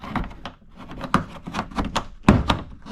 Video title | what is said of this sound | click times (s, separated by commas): Seb's Garage GD3 Rear Wiper Delete | I like to start in the corners here and you'll be able to hear the popping | 1.1 s, 2.3 s